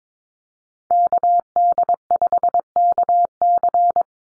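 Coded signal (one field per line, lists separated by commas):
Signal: Morse code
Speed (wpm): 22 wpm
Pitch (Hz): 700 Hz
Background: none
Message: KD5KC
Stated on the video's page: Computer-generated Morse drill of common North American SOTA activator callsigns at 22 wpm; each sent, spoken, then sent again.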